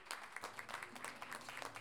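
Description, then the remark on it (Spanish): Audience applause for the first pairing of a payador counterpoint duel, a dense steady patter of many hands clapping at moderate loudness, with a faint low hum underneath and no voices standing out. “Recibimos un aplauso a la primera llave, queridos amigos.”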